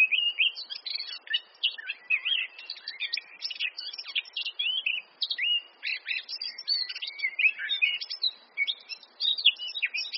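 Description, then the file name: Eurasian blackcap song, a fast rich warble of varied whistled and scratchy notes tumbling along continuously with brief pauses. "Sylvia atricapilla"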